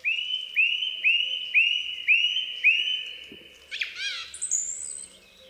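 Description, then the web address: Song thrush song: one clear whistled note repeated six times in quick succession, followed by scratchy, squeaky notes and a higher whistle. "Przyroda Ptaki Spiewak"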